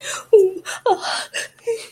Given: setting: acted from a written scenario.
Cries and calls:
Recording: vocal sound without words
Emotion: distress

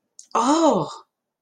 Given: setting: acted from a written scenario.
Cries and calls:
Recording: vocal sound without words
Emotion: interest

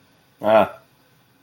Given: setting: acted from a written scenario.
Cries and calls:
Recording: vocal sound without words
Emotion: neutral

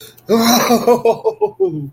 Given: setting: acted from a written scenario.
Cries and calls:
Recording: vocal sound without words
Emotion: elation

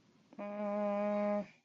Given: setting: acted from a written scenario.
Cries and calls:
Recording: vocal sound without words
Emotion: confusion

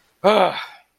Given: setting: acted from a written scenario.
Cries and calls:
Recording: vocal sound without words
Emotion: anger

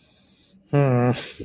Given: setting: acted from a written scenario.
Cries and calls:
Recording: vocal sound without words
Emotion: disappointment

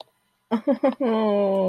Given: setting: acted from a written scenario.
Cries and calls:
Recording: vocal sound without words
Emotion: adoration

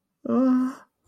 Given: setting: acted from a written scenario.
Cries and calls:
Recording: vocal sound without words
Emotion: fear

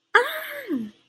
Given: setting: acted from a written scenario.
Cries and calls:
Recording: vocal sound without words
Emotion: positive surprise

